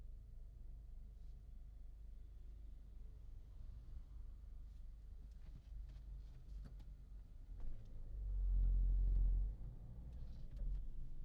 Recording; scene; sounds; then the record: everyday scene through a hearing-aid microphone; in a vehicle; engine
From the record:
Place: Berlingo II, diesel engine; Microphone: in the ear canal, left